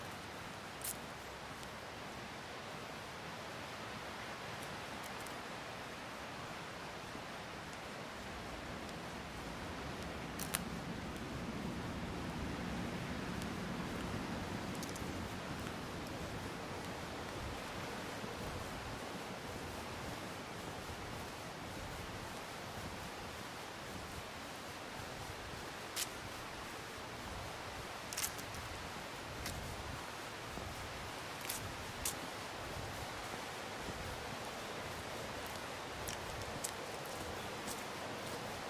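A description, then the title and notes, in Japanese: An autumn mountain scene: a steady, dense rushing hiss fills the whole clip, like flowing water or wind through trees. A deeper rumble swells between about ten and seventeen seconds, and sharp brief clicks or snaps break through every few seconds. 環境音 昨年の秋山。気温、天候、音、どれも心地よい。初めての秋の山でした。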